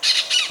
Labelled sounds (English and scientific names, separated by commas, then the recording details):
Brown-throated Parakeet (Eupsittula pertinax) contact call
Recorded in Venezuela
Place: Ocumare, La Boca, salina
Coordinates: 10.488, -67.763